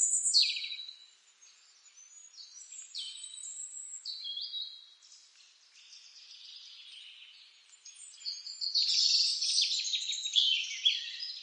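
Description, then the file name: European robin song of varied high, sweet whistled notes and fast trills in irregular phrases, swelling into a louder jumbled run near the end. "Rudzik"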